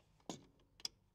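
A brass compression nut on the bottom fitting of a pressure reducing valve is wound backwards with slight upward pressure to avoid cross-threading. It drops onto the thread start with a small click at 0.3 s, seating it before it is tightened. A second pair of sharp ticks follows at about 0.8 and 0.85 s.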